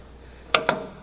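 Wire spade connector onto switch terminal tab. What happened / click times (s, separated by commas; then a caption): A push-on connector snapped onto its terminal tab / 0.6 s. A wire spade connector is pushed onto tab three, the neutral tab, of a rocker switch in a coffee roaster. It seats with a sharp click at 0.6 s, and a second short click follows at 0.7 s. The connector is confirmed seated on the switch tab.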